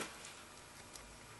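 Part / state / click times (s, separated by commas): wiring connector into starter motor terminal socket / not seated / none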